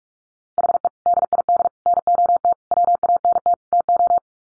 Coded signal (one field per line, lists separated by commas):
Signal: Morse code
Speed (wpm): 44 wpm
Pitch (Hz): 700 Hz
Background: none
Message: HE DID NOT WANT TO